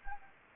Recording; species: mosquito wingbeat signal from an infrared sensor; Anopheles gambiae